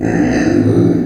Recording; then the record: squeal of a Yucatan mini pig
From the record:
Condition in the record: before surgery on the right vocal fold (resection and tissue-engineered implant); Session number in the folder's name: 3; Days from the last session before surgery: 0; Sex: female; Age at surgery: 19 weeks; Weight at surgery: 25 kg